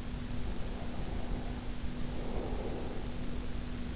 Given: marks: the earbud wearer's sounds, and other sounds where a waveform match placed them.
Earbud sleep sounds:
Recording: sounds in sleep by an in-ear microphone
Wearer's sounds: breath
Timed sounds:
0.28-3.53 s: breath

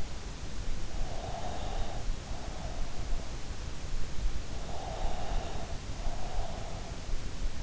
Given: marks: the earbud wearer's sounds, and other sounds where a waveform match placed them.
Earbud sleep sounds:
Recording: sounds in sleep by an in-ear microphone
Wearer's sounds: breath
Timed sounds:
1.22-3.16 s: breath
4.54-6.82 s: breath

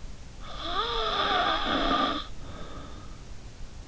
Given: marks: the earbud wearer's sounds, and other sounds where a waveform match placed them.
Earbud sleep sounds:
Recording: sounds in sleep by an in-ear microphone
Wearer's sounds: snoring breath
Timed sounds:
0.43-3.19 s: snoring breath

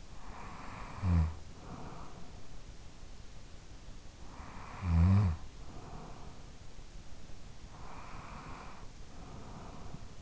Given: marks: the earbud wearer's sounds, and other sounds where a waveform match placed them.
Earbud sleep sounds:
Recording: sounds in sleep by an in-ear microphone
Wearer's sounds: snoring breath, breath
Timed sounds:
0.00-2.80 s: snoring breath
3.85-6.94 s: snoring breath
7.68-10.22 s: breath

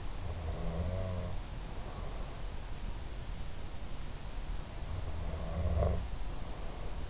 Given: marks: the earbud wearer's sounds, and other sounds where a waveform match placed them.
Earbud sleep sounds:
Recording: sounds in sleep by an in-ear microphone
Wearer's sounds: snoring breath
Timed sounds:
0.21-2.68 s: snoring breath
4.76-7.10 s: snoring breath

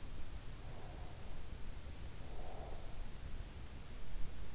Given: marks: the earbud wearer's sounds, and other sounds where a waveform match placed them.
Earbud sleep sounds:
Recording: sounds in sleep by an in-ear microphone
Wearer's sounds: breath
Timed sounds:
0.48-3.09 s: breath

